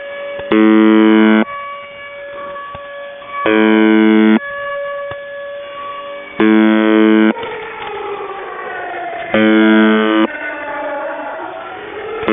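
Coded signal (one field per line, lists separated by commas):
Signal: channel marker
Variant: UVB-76 (The Buzzer)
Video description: Russian Buzzer UVB-76 seen with active air-raid siren audio jamming.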